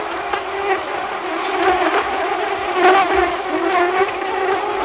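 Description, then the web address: Bees buzzing together in a dense, continuous drone with a steady hum and slight swells in loudness throughout. Many bees. "East West - Global Sounds 07-INSECTS MULTIBEE"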